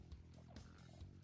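A low, gurgling rumble lasting about a second, likened to a waterfall: an adult woman's stomach growling, a normal digestive sound.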